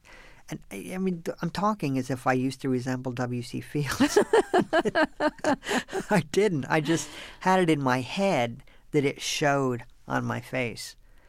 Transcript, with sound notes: And, I mean, I'm talking as if I used to resemble W.C. Fields.
(LAUGHTER)
I didn't. I just had it in my head that it showed on my face.